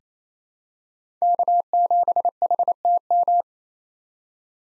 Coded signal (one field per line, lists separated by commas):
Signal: Morse code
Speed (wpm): 28 wpm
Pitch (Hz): 700 Hz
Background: none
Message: K7HTM